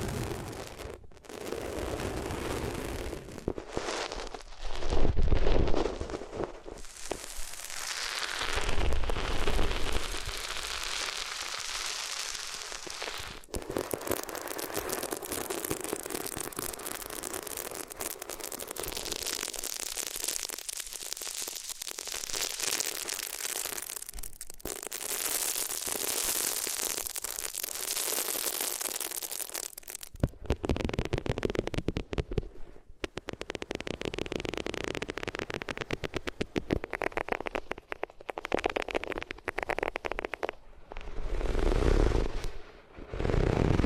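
Rubbing on different materials, a dense, scratchy friction noise that runs almost without pause for the whole length. Hard low thumps and crackles break in near the start, around 30 seconds and toward the end, while the middle stretch stays a steadier, hissing rasp.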